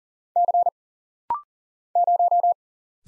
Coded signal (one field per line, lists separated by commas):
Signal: Morse code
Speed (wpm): 39 wpm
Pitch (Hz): 700 Hz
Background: none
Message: C 0